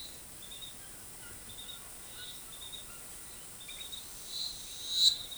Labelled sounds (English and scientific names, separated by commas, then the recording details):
none
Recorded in forest near Pivijay, Magdalena, Colombia, on 14 April 2023 at 10:30
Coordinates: 10.467, -74.380
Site Z5-G034